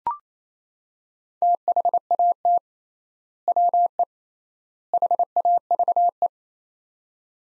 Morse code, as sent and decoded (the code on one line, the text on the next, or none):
- .... .- - / .-- . / .... .- ...- .
THAT WE HAVE